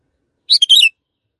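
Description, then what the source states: Canary singing a short bright phrase of clipped chirps running into a brief warbling trill, surrounded by silence. Long canary song used as master audio for training birds.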